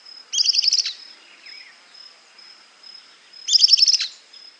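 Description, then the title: Southern beardless tyrannulet giving two rapid bursts of high, slightly buzzy notes about three seconds apart, with a constant high-pitched hum behind. Subspecies cinerascens. "LuckyPassaro Completos2Sama. Southern Beardless Tyrannulet (Camptostoma obsoletum cinerascens)"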